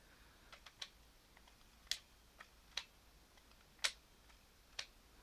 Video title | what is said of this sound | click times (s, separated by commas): Review Kamen Rider Build DX Full Full Rabbit Tank Bottle | just clicks really nice I like that | 0.8 s, 1.9 s, 2.8 s, 3.9 s, 4.8 s